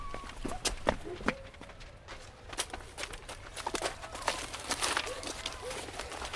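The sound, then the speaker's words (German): Running footsteps of people fleeing toward a forest pound along in a quick, uneven rhythm of sharp thuds and crunches, continuing steadily for several seconds at moderate loudness over a faint hiss. “Ja, wir rennen darüber.”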